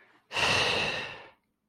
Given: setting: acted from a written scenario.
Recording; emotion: vocal sound without words; relief